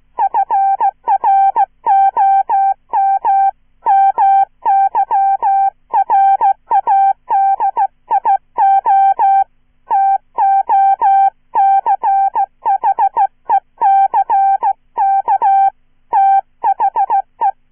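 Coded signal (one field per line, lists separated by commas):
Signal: Morse code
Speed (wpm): 16 wpm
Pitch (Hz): 790 Hz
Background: none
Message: FROM MY RADIO TO CHECK THE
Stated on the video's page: Hand-sent Morse with a Czech straight key, an original horror short story for listen-and-copy practice, recorded in one take with errors corrected by ERROR prosign.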